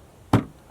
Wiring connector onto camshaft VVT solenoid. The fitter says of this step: it pops into place and we know that it's we know is there because if I give it a slight tug it's not coming up